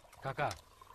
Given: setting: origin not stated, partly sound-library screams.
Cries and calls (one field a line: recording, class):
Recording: one-second piece from a danger detection set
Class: normal situation